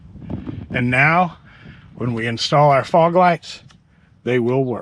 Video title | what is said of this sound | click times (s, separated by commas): Bringing a 2014 Xterra Back to Life - Easy Upgrades That Make a BIG Difference | If you want to see what that looks like, it literally just snaps right in there. | 0.3 s